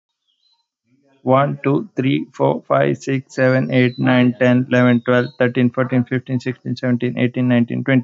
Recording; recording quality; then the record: counting at a fast pace; excellent, no background noise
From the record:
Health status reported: healthy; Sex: male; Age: 30 years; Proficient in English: yes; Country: India